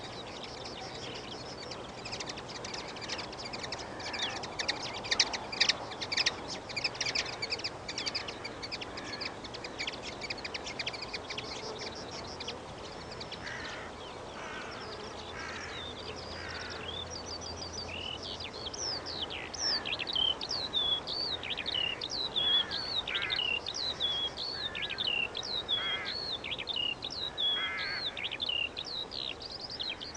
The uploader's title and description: Skylark descending. A late summer's evening on Eggardon Hill, Dorset. A Skylark sings and descends while rooks chatter and a flurry of Dunnocks fly across the hillfort.